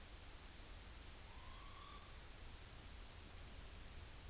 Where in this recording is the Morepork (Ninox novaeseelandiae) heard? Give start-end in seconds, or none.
1.20-2.25